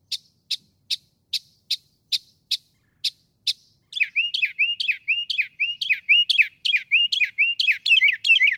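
Northern mockingbird song: a run of sharp high notes repeated about every half second, then switching to rapid phrases repeated many times.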